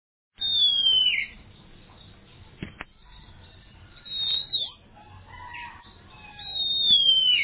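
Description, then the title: Oriental magpie-robin song: a loud, clear whistle sliding downward, some clicks and short notes, then the same falling whistle repeated near the end. "Kacer"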